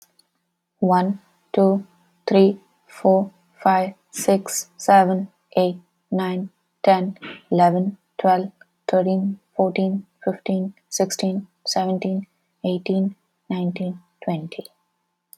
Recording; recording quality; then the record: counting at a normal pace; excellent, no background noise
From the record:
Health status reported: healthy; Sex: female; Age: 30 years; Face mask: not worn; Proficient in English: yes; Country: United States